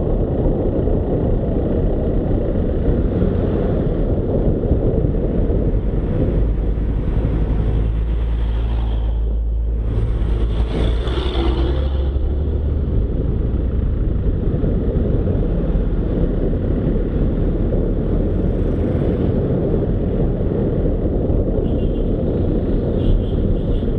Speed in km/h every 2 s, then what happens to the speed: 26, 26, 23, 20, 20, 21, 22, 25, 28, 29, 28, 27.
0-6 slows to 20. 6-18 speeds up to 29. 18-24 steady at about 28.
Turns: 10-14.